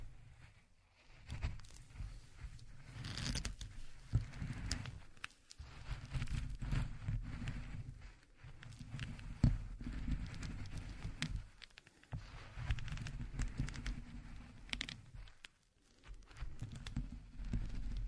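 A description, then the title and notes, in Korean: Walnuts are ground by hand in a steady run of crunching and scraping, broken by brief pauses near 1, 5, 12 and 15 seconds. 호두를 직접 갈아보겠습니다. 손으로 직접 갈아먹는 호두.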